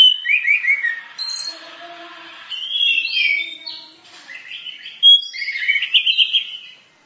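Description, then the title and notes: Bird delivering a rapid, varied warbling song of chirps, slurred whistles and twittering notes, nearly continuous with brief dips in loudness. "Kicau Burung Lengkap"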